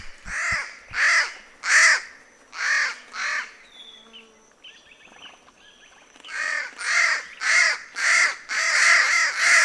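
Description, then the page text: Palm crow giving hoarse, nasal caws in series, with a quieter gap in the middle before the calling resumes. "Ian Davies - Пальмовый ворон (Corvus palmarum)"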